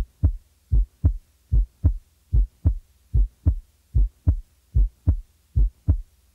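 Regular low-pitched heartbeat of an adult, heard through a stethoscope, about 74 beats a minute, with crisp paired lub-dub sounds and quiet gaps between them. These are normal heart sounds: a clear first and second sound with no added murmur in the silent intervals.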